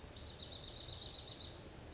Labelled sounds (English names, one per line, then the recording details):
Dark-eyed Junco
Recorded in Sonoma County, California